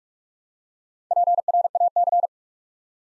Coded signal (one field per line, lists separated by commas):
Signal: Morse code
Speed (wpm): 44 wpm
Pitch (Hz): 700 Hz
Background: none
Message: PRAC